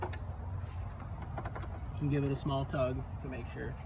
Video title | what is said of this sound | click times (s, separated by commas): A/C Performance test w/ a manifold gauge set | you're going to push it down until it snaps onto the onto the hose you | 0.0 s